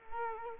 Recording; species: mosquito wingbeat signal from an infrared sensor; Culex quinquefasciatus